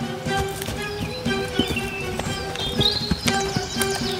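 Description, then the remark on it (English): A donkey loaded with six sacks of salt, walked by a trader to the market, clip-clops at an unhurried walking pace, a steady run of hollow knocks over a sustained tonal hum, with a few high chirps scattered through. “The next day, the trader again loaded 6 sacks of salt on the donkey's back and walked him to the market.”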